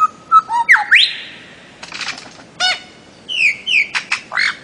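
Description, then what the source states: Bird-of-paradise sounds: a plain whistle bending into swooping upward slurs, a buzzy rattle, then paired falling whistled notes and sharp chirps. Master song used for training songbirds.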